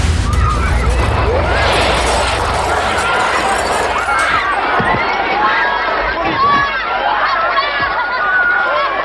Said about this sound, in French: Il est 20h23, lorsqu'un fracas indescriptible frappe le stade Furiani.